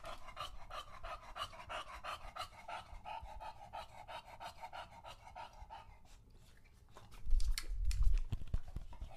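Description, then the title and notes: English Bulldog panting rhythmically in raspy breaths, then a short loud burst of lapping and splashing near the end. Male English Bulldog named Lucho drinking from a water bowl after a long walk, breathing heavily between drinks because he is out of breath from the walk and the long drinking. "English Bulldog Drinks from Water Bowl - Weird Sounds. listen to Lucho the English Bulldog as he tries to drink water after a long walk. Don't let his heavy breathing fool you in between drinks, he's equally out of breath from the walk"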